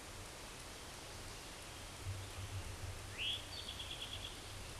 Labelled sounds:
Eastern Towhee (Pipilo erythrophthalmus) song
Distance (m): 70 m
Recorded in a Pennsylvania forest on 17 May 2023 at 13:59
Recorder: AudioMoth, point grid1_30_low
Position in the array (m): 131 m, 118 m

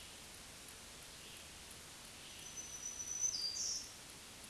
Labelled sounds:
Black-throated Green Warbler (Setophaga virens) song
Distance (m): 25 m
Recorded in a Pennsylvania forest on 1 June 2023 at 07:18
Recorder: AudioMoth, point grid3_26_high
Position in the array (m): 166 m, 19 m

